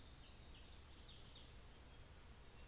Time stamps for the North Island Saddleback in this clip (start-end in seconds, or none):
none